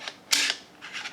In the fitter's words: it in until you hear click there